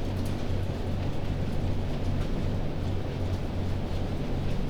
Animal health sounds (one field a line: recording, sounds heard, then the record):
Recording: poultry house recording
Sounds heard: no chicken sound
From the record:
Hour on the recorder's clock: 1